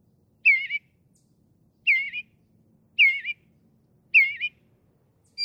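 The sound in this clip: Northern mockingbird repeating one looping whistled phrase four times, roughly every second, then starting a new note at the end.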